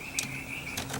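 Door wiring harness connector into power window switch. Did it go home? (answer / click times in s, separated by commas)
no / none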